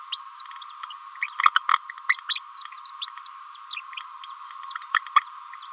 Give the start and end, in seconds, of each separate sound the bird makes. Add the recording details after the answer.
0.12-0.22, 1.42-1.49, 1.55-1.60, 2.28-2.40, 2.85-2.91, 3.26-3.32, 5.15-5.23. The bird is a female. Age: 29 days. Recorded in a nest box in Venezuela. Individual 17B31A3